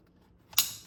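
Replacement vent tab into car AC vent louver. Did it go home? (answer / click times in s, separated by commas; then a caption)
yes / 0.6 s. A replacement plastic vent tab is lined up on the AC vent louver of a Kia Rio and pressed in until it locks in place. After near silence, a sharp, bright click sounds at 0.6 s, preceded by a faint tick and fading out over the next few tenths of a second. The tab is seated, and the vent can again move left, right, up and down.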